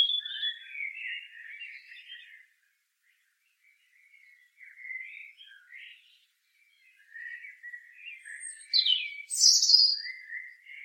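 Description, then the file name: European robin song: soft, wandering warbles and short whistles, then a louder burst of very high, shrill notes toward the end. "Erithacus rubecula"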